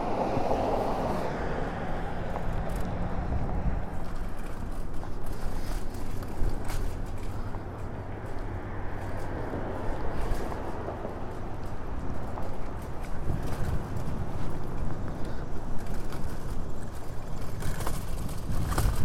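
A bike ride recorded from Orchard Beach, filled with a steady, dense rush of wind and rolling road noise. Low rumbling dominates throughout, with brief clicks and rattles scattered across the ride and a slight swell in loudness near the end.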